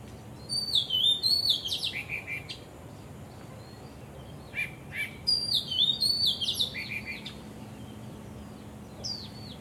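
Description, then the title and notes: Bird singing two long bursts of high, sliding whistles and rapid twittering notes, separated by a few seconds of quiet background hiss. Birds singing vigorously at Wu Kai Sha, Hong Kong, on 15 December 2006; recorded with AKG condenser microphones in XY stereo. "香港 烏溪沙 雀鳥勁唱歌 Date: 15 December 2006"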